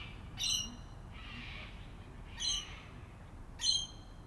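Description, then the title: Sulphur-crested cockatoo screeching, three loud, harsh, ringing shrieks with a softer rasping call between the first two. Evening in Canberra, Australia, April 2020, during lockdown; a large flock of local cockatoos calling. "An Evening in Canberra (Feat. 500 Cockies)"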